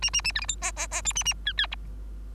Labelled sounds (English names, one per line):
Bengalese Finch song